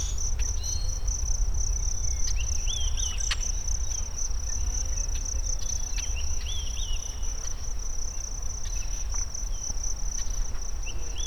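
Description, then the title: Bird calls: short wavering whistled notes, repeated a few times, beneath a loud continuous high insect drone. Recorded in the Sierra Nevada, USA. "内华达山脉的鸟叫_美国"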